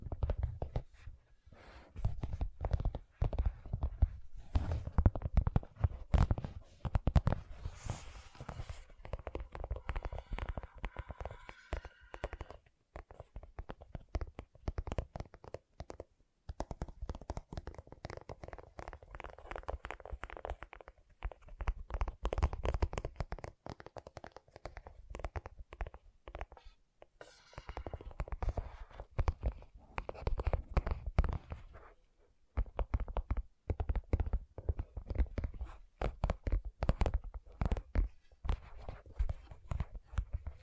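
Gentle tapping in quick, irregular clusters of soft, dull knocks, with brief pauses near 13, 27 and 32 seconds, continuing throughout.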